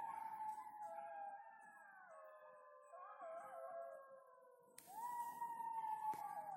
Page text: aranysakalok hangja. Šakal zlatý (Canis aureus)